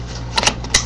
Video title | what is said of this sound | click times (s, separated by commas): What do I carry? EDC Gear | it locks in place so no one can remove it cuz most often when people get shot they get shot by their own pistol | 0.8 s